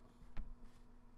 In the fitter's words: once you hear that click that's how you know what's in at